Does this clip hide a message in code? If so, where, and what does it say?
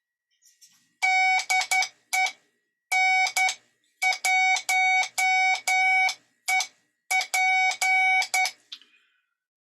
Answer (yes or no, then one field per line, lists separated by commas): yes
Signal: Morse code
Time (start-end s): 1.0-8.4 s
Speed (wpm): 10 wpm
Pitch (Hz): 2250 Hz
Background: none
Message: DE N1EP